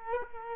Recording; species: mosquito wingbeat signal from an infrared sensor; Culex quinquefasciatus